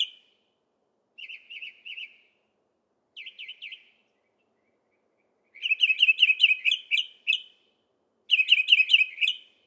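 Northern mockingbird song in phrases: short bursts of a few repeated notes separated by pauses, then longer rapid repeated series with brief gaps between.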